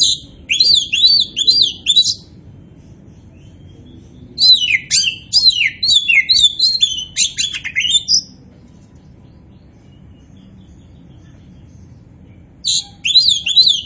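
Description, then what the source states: Oriental magpie-robin song: rapid high chattering phrases in three bouts, each a quick series of downslurred chirps, with silence between. Kacer poci form; described as gacor, an Indonesian term for a bird singing actively and constantly.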